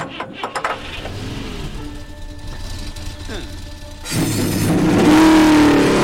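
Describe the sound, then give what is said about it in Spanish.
At the start of a one-lap race, after a few light clinks and a low hum, several car engines roar to life and rev, a loud, thick rumbling growl that holds and swells toward the end. “Caballeros, arranquen sus motores.”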